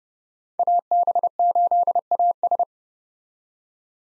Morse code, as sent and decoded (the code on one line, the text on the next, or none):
.- -... ---.. .- ...
AB8AS